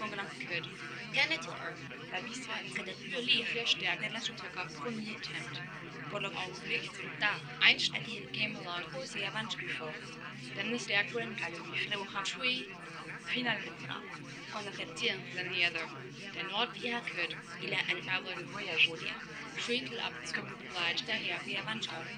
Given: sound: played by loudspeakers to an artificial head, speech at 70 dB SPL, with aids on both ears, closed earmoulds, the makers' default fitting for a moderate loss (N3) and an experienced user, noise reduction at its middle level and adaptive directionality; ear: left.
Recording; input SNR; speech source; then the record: speech test signal (ISTS) in cocktail-party noise; -3 dB; in front (0 degrees)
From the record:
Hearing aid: class 2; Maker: F